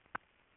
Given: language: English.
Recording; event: throat vibration sensor signal played as sound; swallow